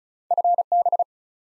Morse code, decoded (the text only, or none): FB